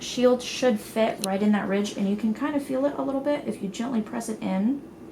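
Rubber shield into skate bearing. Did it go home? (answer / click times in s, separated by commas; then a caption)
no / none. A rubber bearing shield, rubbery side out and metal side in, is handled at the ridge inside a roller skate bearing while someone talks the whole time. It has not been pressed home yet, so nothing has seated or snapped into the ridge yet.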